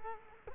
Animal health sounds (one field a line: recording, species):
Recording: mosquito wingbeat signal from an infrared sensor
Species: Culex quinquefasciatus